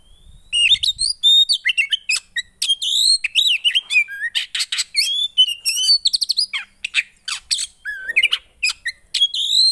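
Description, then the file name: Oriental magpie-robin song, a continuous rich medley of loud whistled notes, slurred phrases and sharp chips, varied and unbroken for nearly ten seconds. Oriental magpie-robin (kacer) song played to provoke a caged bird into an emotional response. "Burung kacer anda langsung emosi dengar ini"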